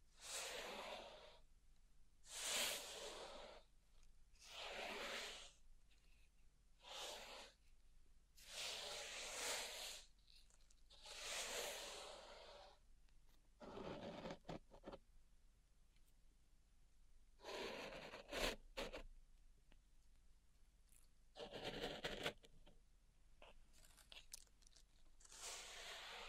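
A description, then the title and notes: Bursts of bright, gritty scraping and crunching come every couple of seconds, like pink salt being raked and pushed around in a small tray. The strokes are crisp, with short pauses between them, a quieter stretch near the middle, and a faint steady hum underneath. ASMR Relaxing Pink Salt Zen Garden Triggers (No Talking).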